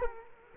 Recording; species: mosquito wingbeat signal from an infrared sensor; Culex quinquefasciatus